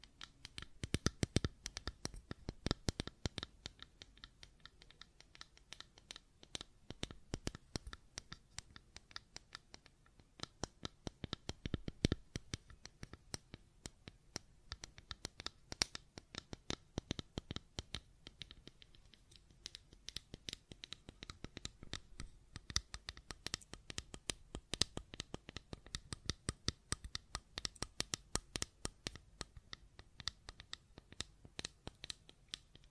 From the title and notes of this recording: ASMR Fidget Cube Tapping and Clicking Sounds (No Talking).